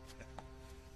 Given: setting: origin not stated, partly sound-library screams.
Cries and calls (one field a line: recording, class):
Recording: one-second piece from a danger detection set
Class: normal situation